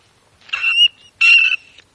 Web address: brown rat